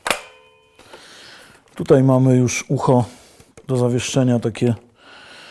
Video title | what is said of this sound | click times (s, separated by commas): G36C (M809A2) DE - TANIEMILITARIA.PL | Z powrotem zatrzaskuje się sama. | 0.1 s